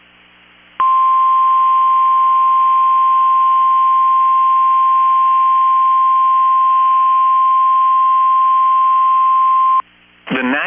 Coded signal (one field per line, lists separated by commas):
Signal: Emergency Alert System (SAME) tones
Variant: 1050 Hz attention tone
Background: speech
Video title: 4/17/24 - KEC65 Required Weekly Test (EAS #1052)